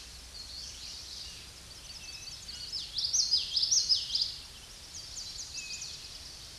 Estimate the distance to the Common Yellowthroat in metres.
about 10 m